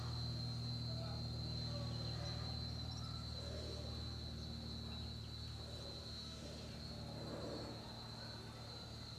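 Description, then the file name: Cicada giving a continuous steady high buzz, with the low droning hum of a small aircraft engine underneath. Cicada recorded together with a small airplane. "chicharrayavioneta"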